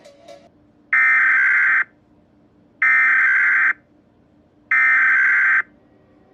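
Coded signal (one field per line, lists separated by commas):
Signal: Emergency Alert System (SAME) tones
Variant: header bursts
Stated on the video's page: Fictional EAS scenario short with valid EAS tones.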